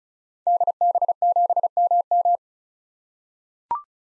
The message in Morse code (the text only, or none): DB7MM